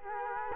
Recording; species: mosquito wingbeat signal from an infrared sensor; Culex quinquefasciatus